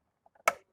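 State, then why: Seated. A plastic lower center console organizer with cupholder from BestEvMod is pressed down from the top and wiggled into a Cybertruck's lower center console. A few faint ticks come first, then one sharp, loud snap at 0.5 s as its tabs lock it into place, seating the organizer.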